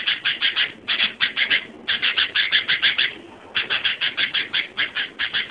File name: suara burung kutilang